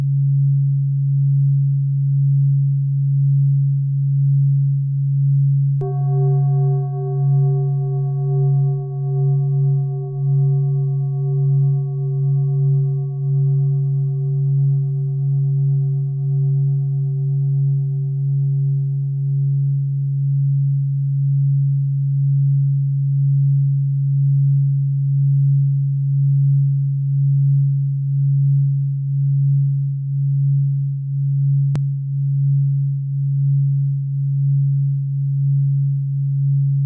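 Binaural beat: a steady low hum with gentle pulsing runs throughout, while a bowl-like chime rings out near six seconds and slowly fades.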